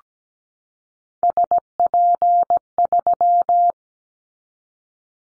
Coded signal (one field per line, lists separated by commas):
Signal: Morse code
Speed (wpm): 17 wpm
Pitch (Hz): 700 Hz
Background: none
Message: SP3